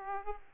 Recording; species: mosquito wingbeat signal from an infrared sensor; Aedes aegypti